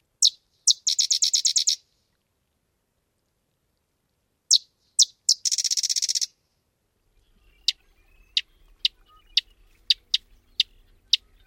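Sedge Wren song given twice: sharp introductory chips, then a fast dry chattering trill; afterward scattered high ticks over a low background rumble.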